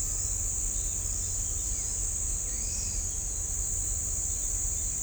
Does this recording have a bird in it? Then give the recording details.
yes. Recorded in shrubland near Pivijay, Magdalena, Colombia, on 3 June 2023 at 05:30. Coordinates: 10.453, -74.365. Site P5-G022